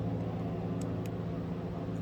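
A shimmed crankshaft is angled back and wiggled down into the crankcase of a 1960 Mercury Model 200 22 hp two-stroke outboard powerhead, metal on metal. Over a steady low hum, two short, sharp metallic clicks sound at 0.8 s and 1.1 s as the crankshaft drops and seats all the way down.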